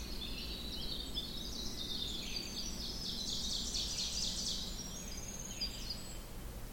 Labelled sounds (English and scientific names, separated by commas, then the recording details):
Ovenbird (Seiurus aurocapilla) song
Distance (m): 60 m
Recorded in boreal forest in Alberta, Canada, on 16 June 2016 at 06:28
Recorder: SongMeter 3, array SBT-3-32
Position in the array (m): 183 m, 45 m
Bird 36